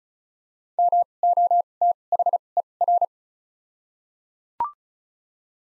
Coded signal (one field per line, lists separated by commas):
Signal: Morse code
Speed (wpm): 34 wpm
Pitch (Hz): 700 Hz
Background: none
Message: M O T H E R